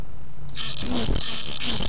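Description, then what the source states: Swift screaming call: shrill, high, buzzy screams that start abruptly and continue in a wavering rush. Afternoon or evening, 25 June 2009.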